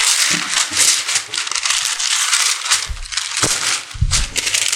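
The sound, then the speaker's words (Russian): Crisp, crinkling rustle of baking paper being handled, a steady dense crackle with a few sharper crumpling bursts and soft low thumps throughout, no voices. “Итак, я возьму бумагу для выпечки.”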